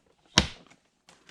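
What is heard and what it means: A plastic airframe part on an Arrows Husky PNP 1800mm Special Edition RC plane, a foam wing or tail section, is lined up and pushed down slowly into its fuselage slot until it gives one sharp, loud snap at 0.4 s, followed by a short fading rattle. A couple of faint, softer knocks come later, and the part is seated and locked in place.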